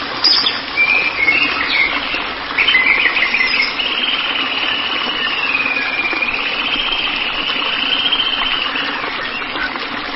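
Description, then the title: White-rumped shama: brief twittering notes give way to a long, unbroken buzzy trill that wavers gently in pitch for several seconds. "Kicau Murai Batu"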